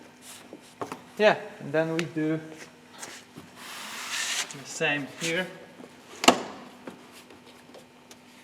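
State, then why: Seated. On a Peugeot 307, after the windshield drain is cleaned, a clip on the second side of the plastic cowl (scuttle) panel along the windshield is pressed home into the windshield trim and body. Someone talks, then a sharp click at 6.3 s shows the clip seating in place. Softer taps follow.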